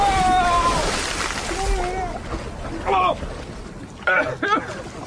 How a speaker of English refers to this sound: I seized him by the waist and tipped him overboard.